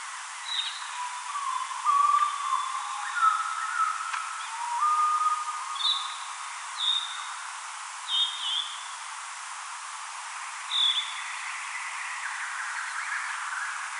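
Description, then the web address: Spotted flycatcher song played slowly: thin high notes repeated at uneven intervals, while lower warbled phrases of another bird run through the first half. Recorded 4 June 2025; played back at half speed. "paivat 4 6 2025 harmaasiepon laulua puolella nopeudella"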